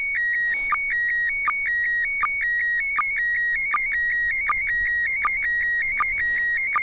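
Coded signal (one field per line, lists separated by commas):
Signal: SSTV (slow-scan television)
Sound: warbling high tone alternating two pitches, with a short low blip about every 0.75 seconds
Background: faint radio static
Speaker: volume up and down a little bit one minute 30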